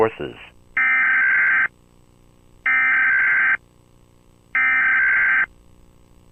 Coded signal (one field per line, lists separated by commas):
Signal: Emergency Alert System (SAME) tones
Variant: header bursts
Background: speech